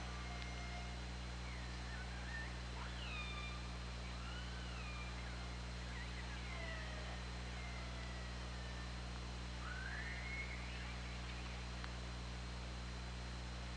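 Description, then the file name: Orca pulsed calls, repeated wavering and upswept tones, one strong rising call toward the end, layered over a constant low hum. Recorded on the OrcaLab hydrophone on 24 August 2017 at 20:47. "Orca Lab UTLN JASON 20170824 204759"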